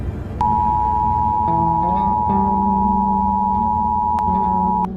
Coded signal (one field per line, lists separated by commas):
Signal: Emergency Alert System (SAME) tones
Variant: 853 and 960 Hz attention tone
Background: music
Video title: Zombie EAS Alert 👀